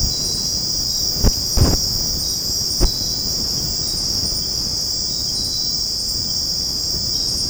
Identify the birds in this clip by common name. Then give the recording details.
none. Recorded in secondary vegetation near Puerto Asís, Putumayo, Colombia, on 20 February 2024 at 05:00. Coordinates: 0.489, -76.322. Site G6419